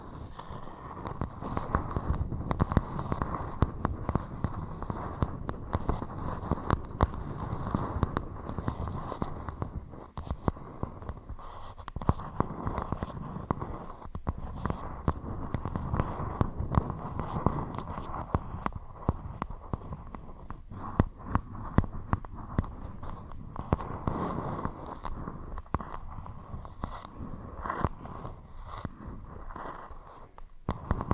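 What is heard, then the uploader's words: Scratching and tapping sounds run densely throughout, a rapid, uneven stream of dry clicks and scrapes, fullest in the low and middle range. Scratching & Tapping Triggers. (NO TALKING).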